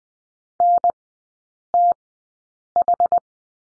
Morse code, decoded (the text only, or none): NTH